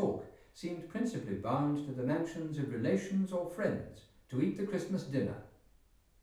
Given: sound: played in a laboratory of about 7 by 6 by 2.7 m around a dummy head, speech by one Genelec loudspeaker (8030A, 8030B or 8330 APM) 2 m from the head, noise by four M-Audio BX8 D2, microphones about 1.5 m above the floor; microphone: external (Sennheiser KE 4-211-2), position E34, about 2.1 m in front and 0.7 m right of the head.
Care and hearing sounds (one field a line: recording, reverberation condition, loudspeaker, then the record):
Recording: male speech in English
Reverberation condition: medium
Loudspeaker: 120 degrees to the right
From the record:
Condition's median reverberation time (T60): about 510 ms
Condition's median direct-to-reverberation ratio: about -0.5 dB